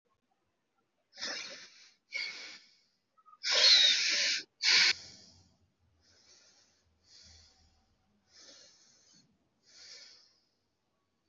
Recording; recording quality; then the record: deep breathing; excellent, no background noise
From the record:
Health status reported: healthy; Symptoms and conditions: none ticked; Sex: male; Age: 30 years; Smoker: not ticked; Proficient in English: yes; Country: India